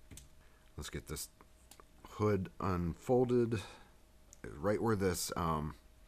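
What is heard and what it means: Someone talks while handling a plastic Transformers Movie Masterpiece MPM-05 Barricade figure, working a gray plastic bar that folds under the vehicle-mode underside and snaps firmly into place. Brief plastic handling clicks sound between the words, but nothing has seated or clicked into place yet.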